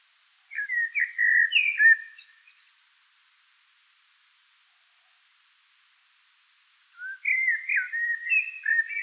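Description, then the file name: Common blackbird singing two mellow, fluted warbling phrases separated by a silent pause, each sliding between whistled notes, over otherwise quiet background. "Turdus merula"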